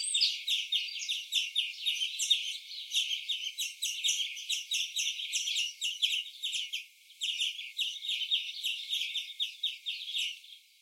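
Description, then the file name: European greenfinch giving quick high chirps in a dense, even series, briefly easing off near the seventh second before resuming its twitter. "Chloris chloris"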